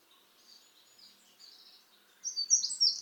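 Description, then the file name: Eurasian wren high-pitched notes, faint at first, then louder and rapid toward the end. "Troglodytes troglodytes"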